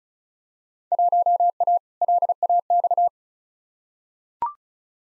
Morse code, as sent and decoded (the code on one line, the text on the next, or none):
.---- .- / .-.. .- -..-
1A LAX